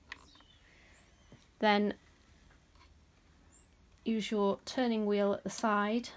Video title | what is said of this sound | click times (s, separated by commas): learn to love your sewing machine | pop it in the bobbin housing till it clicks, | 0.1 s